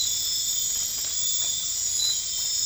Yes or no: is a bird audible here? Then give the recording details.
no. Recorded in dense forest near Puerto Asís, Putumayo, Colombia, on 19 March 2025 at 00:00. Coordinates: 0.485, -76.318. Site G056